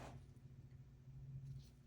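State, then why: Not seated. A tracheostomy inner cannula, just rinsed with sterile water, is put back into the tracheostomy tube and twisted gently on the way in. Only a steady low hum and faint soft handling noise are heard, with a brief hiss at the very start. The cannula has not clicked into place yet.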